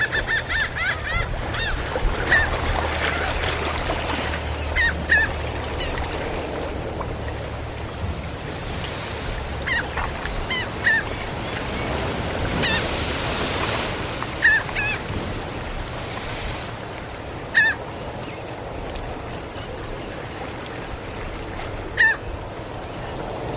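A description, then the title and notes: Gulls call over a steady wash of water, their short sharp cries popping out every few seconds, at about 2, 5, 11, 14, 17 and 22 seconds. Beneath them the surf keeps up a low, even murmur, swelling slightly around the middle. Seagulls by the Tide Pools. The calming sounds of the ocean and the calls of seagulls. The gentle lapping of waves against the shore, the bubbling of tide pools, and the soothing cries of gulls.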